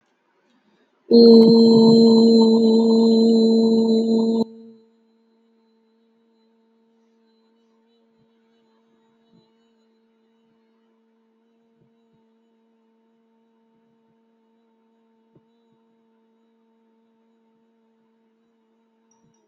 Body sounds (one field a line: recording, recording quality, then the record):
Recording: sustained vowel as in boot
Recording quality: excellent, no background noise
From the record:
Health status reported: healthy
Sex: female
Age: 43 years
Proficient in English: yes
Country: India